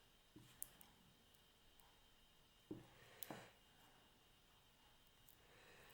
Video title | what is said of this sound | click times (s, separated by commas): ipod touch 4th gen broken screen replacement "how to" #16 | did that little click | 0.6 s